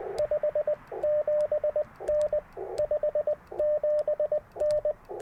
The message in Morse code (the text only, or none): 57N 57N